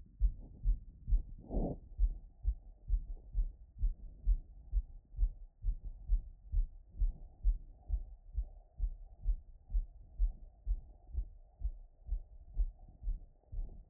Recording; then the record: heart sounds by stethoscope after running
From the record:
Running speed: 5 mph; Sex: male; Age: 20 to 29 years